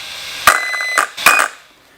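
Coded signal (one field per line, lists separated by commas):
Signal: beep code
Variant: Arrma ESC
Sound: clicks, one steady high beep about half a second, then a brief higher chirp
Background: handling clicks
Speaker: That very long beep that you heard there was actually not 1 beep. That was the beep for all 5, for position number 5. So if you hear that long beep, that's variable number 5.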